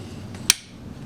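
On a Kodak Folding Cartridge Premo camera from 1917–1926, the lens standard is pulled out along the bed rails by its small chrome knob until it locks into place. A faint soft sound at about 0.3 s is followed by one sharp, loud metallic click at 0.5 s, after which the standard is seated.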